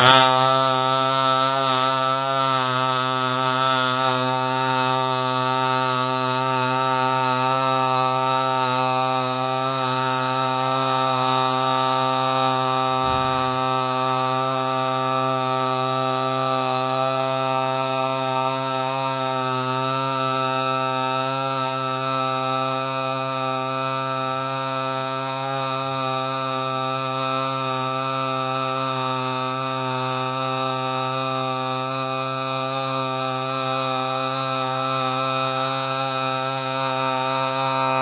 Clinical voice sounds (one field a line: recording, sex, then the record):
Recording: sustained vowel /a/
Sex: male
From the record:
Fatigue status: no fatigue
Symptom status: symptomatic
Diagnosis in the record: COVID-19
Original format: 3gp